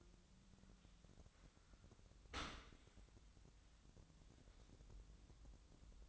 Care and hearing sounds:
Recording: daily activity, microphone in the room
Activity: open dishwasher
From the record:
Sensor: 3

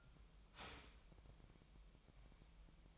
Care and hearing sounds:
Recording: daily activity, microphone in the room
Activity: start toaster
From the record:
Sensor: 1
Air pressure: 1001.9 hPa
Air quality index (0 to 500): 239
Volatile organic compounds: 43 ppm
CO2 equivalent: 3197 ppm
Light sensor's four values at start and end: 10/36/13/15 and 10/36/13/15

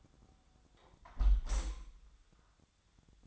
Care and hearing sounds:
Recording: daily activity, microphone in the room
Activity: close window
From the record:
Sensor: 3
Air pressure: 1004.6 hPa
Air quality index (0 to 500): 89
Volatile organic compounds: 3 ppm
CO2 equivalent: 1374 ppm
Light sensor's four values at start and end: 7/17/7/6 and 7/16/6/6

